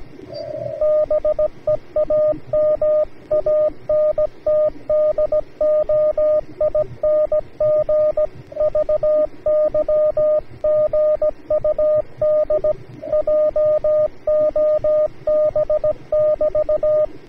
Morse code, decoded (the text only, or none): BEAM ANT DOING VY GUD JOB <BT>